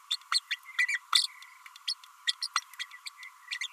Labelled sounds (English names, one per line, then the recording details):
Green-rumped Parrotlet babbling
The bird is a female
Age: 30 days
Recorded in a nest box in Venezuela
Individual 17B32A5